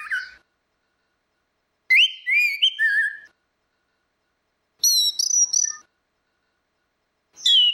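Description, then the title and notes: Orange-headed thrush singing loud, varied whistled phrases of rising and falling slurs, with pauses of about a second and a half between phrases. Continuous singing style (ngeplong); a masteran recording used for training other birds. "Anis Kembang 5. Suara Burung Anis Merah Ngeplong - Versi 6. Masteran Anis Kembang"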